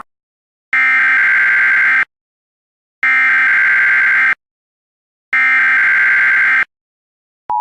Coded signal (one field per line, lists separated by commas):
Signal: Emergency Alert System (SAME) tones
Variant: header bursts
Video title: EAS Classic: The EAS Interrupts Microsoft Sam Reads Computer Errors - Part 3